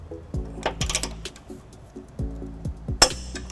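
A click-type torque wrench is tightening an M12 trailer hitch mounting bolt to 86 ft-lb under a 2014 Toyota Prius Plug-In. Repeated short metallic clinks of the wrench working are heard over a low steady hum. A sharp, loud click at 3.0 s confirms the bolt has reached the set torque.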